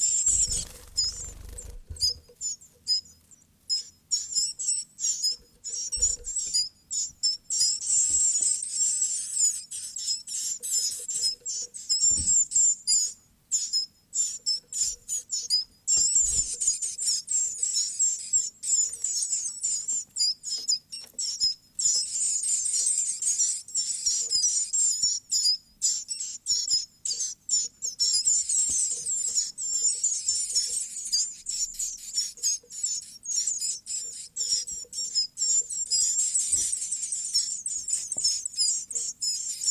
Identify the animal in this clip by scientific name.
Phylloscopus collybita